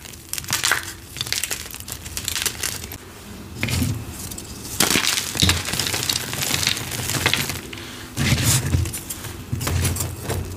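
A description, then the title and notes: Gym chalk is crushed into glassy, crunchy shards, with dense crackling bursts that flare and fade across the whole span. Heavier crushes with a low rolling thump land near 4, 5, 8 and 9.5 seconds. The sound is dry. Glassy Crunchy Gym Chalk Shards & Rolling Pin Crushes.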